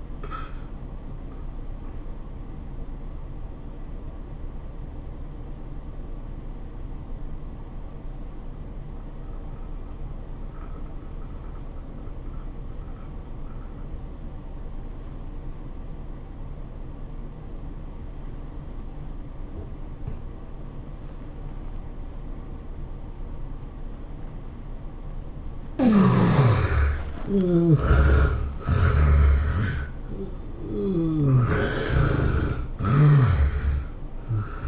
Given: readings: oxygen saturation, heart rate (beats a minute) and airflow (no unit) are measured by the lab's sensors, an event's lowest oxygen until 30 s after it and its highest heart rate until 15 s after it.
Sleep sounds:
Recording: breathing in sleep by a smartphone at the bedside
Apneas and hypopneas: 1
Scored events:
5.00-25.00 s: obstructive apnea (N1, oxygen 96% highest, then 72% lowest, heart rate 94 at the start, 105 highest)
From the record:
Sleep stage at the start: N1 (lightest sleep)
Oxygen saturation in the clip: 70 to 96%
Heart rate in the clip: 90 to 107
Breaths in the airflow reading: 3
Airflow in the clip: -12.6 to 14.3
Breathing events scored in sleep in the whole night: 403 in 5.5 hours asleep

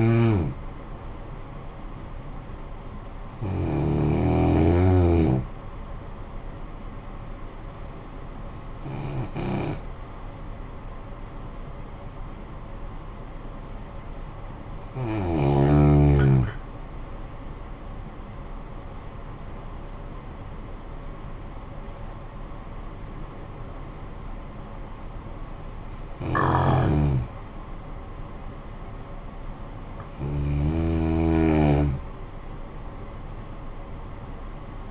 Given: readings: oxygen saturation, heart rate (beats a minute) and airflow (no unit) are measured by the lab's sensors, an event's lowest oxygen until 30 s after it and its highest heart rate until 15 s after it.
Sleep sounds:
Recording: breathing in sleep by a smartphone at the bedside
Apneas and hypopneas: 1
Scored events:
5.00-17.70 s: hypopnea (N2, oxygen 95% highest, then 90% lowest, heart rate 55 at the start, 69 highest)
From the record:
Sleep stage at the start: N2 (light sleep)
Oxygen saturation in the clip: 88 to 95%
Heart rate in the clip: 52 to 69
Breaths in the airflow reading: 7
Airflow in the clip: -10.6 to 11.3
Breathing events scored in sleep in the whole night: 445 in 7.6 hours asleep

